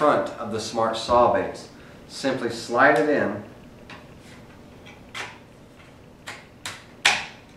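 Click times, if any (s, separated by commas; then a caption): 7.1 s. A plastic anti-chip (zero clearance) insert is slid into the front of a circular saw's smart base while someone talks. Some lighter clicks and taps follow. The loudest, sharpest snap comes at 7.1 s as the insert seats in place.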